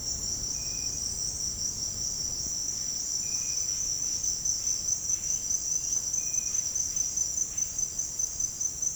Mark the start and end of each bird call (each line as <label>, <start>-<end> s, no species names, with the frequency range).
bird call (1.2-4.3 kHz), 3.54-7.79 s